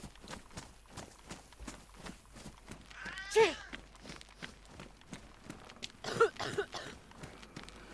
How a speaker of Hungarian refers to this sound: Rosszabbodik a betegség, mert most már hurutos köhögés van.